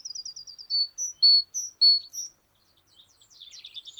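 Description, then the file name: Great tit: a fast high trill, then several loud pure notes stepping between two pitches, followed by a soft scratchy rattle. "Parus major"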